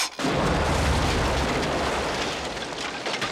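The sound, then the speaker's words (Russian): A detonator blast, set off with a wired detonator in a cemetery to blow open a side tunnel, erupts suddenly into a loud, broad roar of explosion, with heavy low rumble that holds steady for a few seconds before slowly easing off. No voices. “Кажется, своим взрывом ты всех покойников разбудил.”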